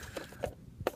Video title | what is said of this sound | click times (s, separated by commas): audi a3 oil change | and it should just pop back in nice and simple. | 0.9 s